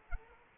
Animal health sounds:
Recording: mosquito wingbeat signal from an infrared sensor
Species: Culex quinquefasciatus

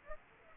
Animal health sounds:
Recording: mosquito wingbeat signal from an infrared sensor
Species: Aedes aegypti

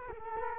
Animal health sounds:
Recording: mosquito wingbeat signal from an infrared sensor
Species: Culex quinquefasciatus

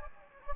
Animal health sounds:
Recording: mosquito wingbeat signal from an infrared sensor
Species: Anopheles gambiae

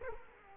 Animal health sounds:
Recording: mosquito wingbeat signal from an infrared sensor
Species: Culex quinquefasciatus

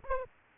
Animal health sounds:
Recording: mosquito wingbeat signal from an infrared sensor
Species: Aedes aegypti

